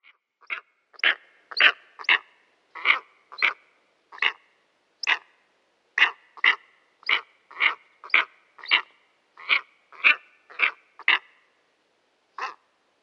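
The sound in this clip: Steppe eagle giving a long series of harsh, barking notes, irregularly spaced, with a short pause near the end.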